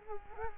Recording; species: mosquito wingbeat signal from an infrared sensor; Culex quinquefasciatus